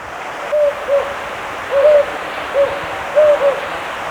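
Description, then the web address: Jocotoco antpitta giving several low, hollow hoots, mostly in pairs, over steady background hiss. Ecuador. "Natures Songs S America Birds of Ecuador 2 Jocotoco Antpitta"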